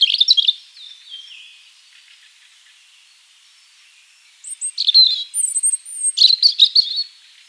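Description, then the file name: European robin song, a descending trilled phrase fading out, a long pause, then high thin whistles and a renewed burst of sharp twittering notes. "Erithacus rubecula"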